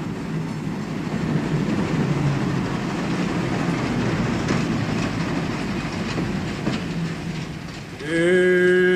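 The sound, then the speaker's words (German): A passenger train bound for Kalverstadt rumbles into a station with a steady low roar and rhythmic clatter of wheels on rails, then a loud, harmonic brake squeal rises at the end as it slows to a stop. “Das ist Ihr Zug.”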